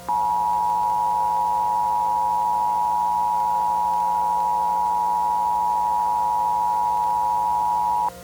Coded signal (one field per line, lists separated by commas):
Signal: Emergency Alert System (SAME) tones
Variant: 853 and 960 Hz attention tone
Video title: EAS Mock: Sudden Explosion 5. (at this point I'm just milking it.)